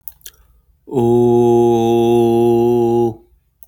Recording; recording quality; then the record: sustained vowel as in boot; excellent, no background noise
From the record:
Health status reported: exposed to COVID-19, no respiratory illness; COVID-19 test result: not tested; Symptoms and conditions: none ticked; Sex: male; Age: 26 years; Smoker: not ticked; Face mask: not worn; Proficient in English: yes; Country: United States